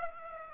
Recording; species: mosquito wingbeat signal from an infrared sensor; Aedes aegypti